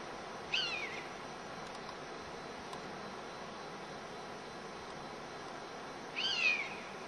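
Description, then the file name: European honey buzzard giving two high, drawn-out descending whistled calls about six seconds apart against a quiet background hiss. Anger calls, recorded in Hexhamshire on 10 July 2006. "hb hexhamshire 10 july 2006 anger calls"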